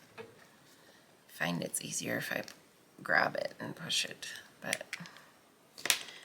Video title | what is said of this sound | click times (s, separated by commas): Flosstube#6 - Let's do some finishes | all popped in there nice and secure | 5.9 s